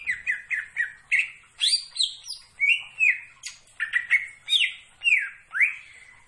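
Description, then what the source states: Greater green leafbird song: repeated rich whistled phrases that drop in pitch, mixed with harsher chirps, delivered in a steady, lively stream. Singing actively, described with the Indonesian term gacor.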